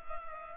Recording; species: mosquito wingbeat signal from an infrared sensor; Culex pipiens